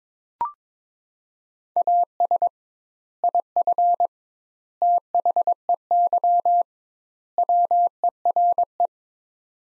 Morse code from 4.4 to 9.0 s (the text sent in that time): THEY WERE